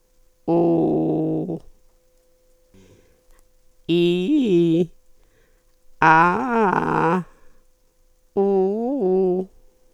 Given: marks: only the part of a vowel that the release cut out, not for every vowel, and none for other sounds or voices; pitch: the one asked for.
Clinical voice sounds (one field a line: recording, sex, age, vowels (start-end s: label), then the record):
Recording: sustained vowels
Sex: female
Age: 70 to 79 years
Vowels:
0.53-1.41 s: vowel /u/, low pitch
3.94-4.78 s: vowel /i/, low-high-low pitch
6.08-7.09 s: vowel /a/, low-high-low pitch
8.43-9.32 s: vowel /u/, low-high-low pitch
From the record:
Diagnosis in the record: functional dysphonia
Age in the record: 74 years